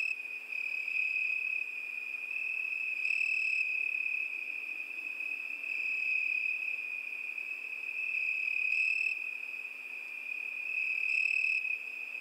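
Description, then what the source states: Crickets trilling in a steady, continuous high-pitched drone that brightens briefly every few seconds. Crickets at night.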